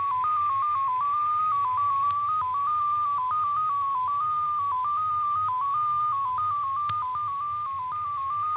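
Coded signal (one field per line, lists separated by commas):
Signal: numbers station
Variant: XPA2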